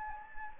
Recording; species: mosquito wingbeat signal from an infrared sensor; Anopheles gambiae